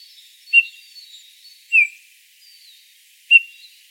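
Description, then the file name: Eurasian bullfinch calls, three soft piping whistles spaced a second or more apart, with faint high chirps from other birds behind. "Pyrrhula pyrrhula"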